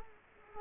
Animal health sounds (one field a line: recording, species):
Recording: mosquito wingbeat signal from an infrared sensor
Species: Culex quinquefasciatus